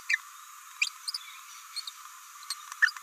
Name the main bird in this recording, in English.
Green-rumped Parrotlet